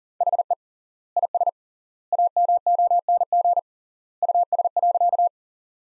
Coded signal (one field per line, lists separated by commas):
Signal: Morse code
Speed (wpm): 37 wpm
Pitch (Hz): 700 Hz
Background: none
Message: HE IS AMONG US.